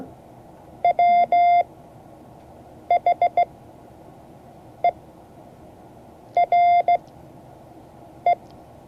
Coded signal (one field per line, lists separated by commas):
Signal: Morse code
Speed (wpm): 15 wpm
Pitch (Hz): 700 Hz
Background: none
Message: WHERE